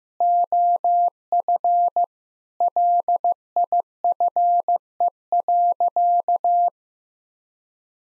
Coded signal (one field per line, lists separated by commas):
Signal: Morse code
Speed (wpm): 15 wpm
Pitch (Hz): 700 Hz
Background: none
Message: OF LIFE.